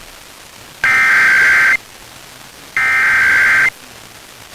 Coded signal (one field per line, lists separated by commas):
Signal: Emergency Alert System (SAME) tones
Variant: header bursts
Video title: Pennsylvania Required Monthly Tests (8/18/22)(EAS 1219-1233)